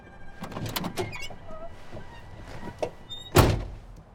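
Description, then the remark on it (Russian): A car door swings shut with one solid, heavy thump after a few seconds of soft shuffling and clicking as a man climbs into the car, followed by quiet. “Палмер садится в машину.”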